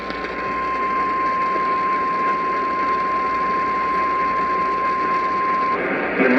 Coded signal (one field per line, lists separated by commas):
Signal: Emergency Alert System (SAME) tones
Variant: 1050 Hz attention tone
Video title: POST PROM IS NOT OVER - EAS Alerts from 05/07/2023 (EAS #941-990)